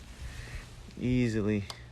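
A motorcycle windshield's mounting latch is handled against the fork mount on its second side while someone talks. Only low handling noise is heard, and nothing has seated or clicked yet.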